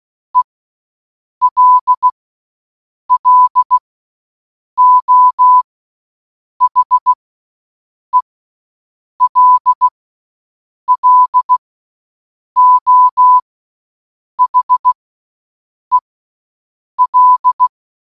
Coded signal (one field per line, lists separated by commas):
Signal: Morse code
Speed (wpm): 16 wpm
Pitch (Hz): 1000 Hz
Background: none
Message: ELLO HELLO HEL